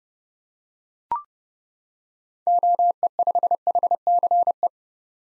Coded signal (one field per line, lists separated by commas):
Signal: Morse code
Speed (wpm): 31 wpm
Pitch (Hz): 700 Hz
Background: none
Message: OE5HCE